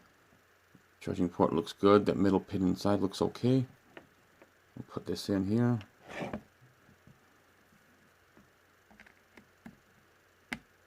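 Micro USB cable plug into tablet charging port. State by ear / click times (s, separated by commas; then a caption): seated / 10.5 s. A repaired micro USB cable plug is pushed into a tablet's cleaned charging port while someone talks. After a few faint taps and handling sounds, a sharp, loud click at 10.5 s marks the plug seating, and the tablet begins charging.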